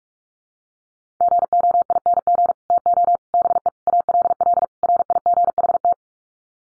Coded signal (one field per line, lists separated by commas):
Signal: Morse code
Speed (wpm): 44 wpm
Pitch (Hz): 700 Hz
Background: none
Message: GOING TO BE ALL RIGHT